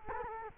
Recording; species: mosquito wingbeat signal from an infrared sensor; Culex quinquefasciatus